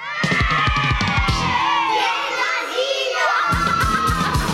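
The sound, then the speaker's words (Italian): Several children in a kindergarten shout and yell over one another in a loud, continuous jumble of high, excited voices, with overlapping cries and whoops as they argue. “Per capire il grado di litigiosità che ormai caratterizza questo asilo basta andare a origliare qua e là”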